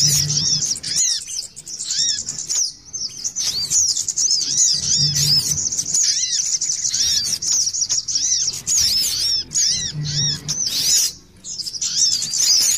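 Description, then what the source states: Little spiderhunter singing a long run of shrill, fast chirps interspersed with looping, arched notes, with a few brief pauses; low humming faintly audible. Masteran song, used to train other birds.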